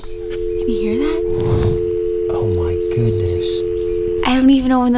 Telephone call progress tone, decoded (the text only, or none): dial tone